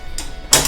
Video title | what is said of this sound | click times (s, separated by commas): CountyLine Catch & Release Trap | you're gonna pick it up until it snaps into place | 0.5 s